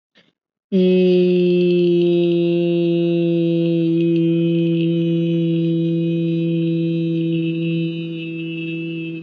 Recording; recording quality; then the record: sustained vowel as in beet; excellent, no background noise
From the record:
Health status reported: COVID-19 positive, mild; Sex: male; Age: 22 years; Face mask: not worn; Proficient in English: yes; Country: India